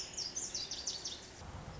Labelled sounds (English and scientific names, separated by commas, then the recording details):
Lazuli Bunting (Passerina amoena)
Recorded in Sonoma County, California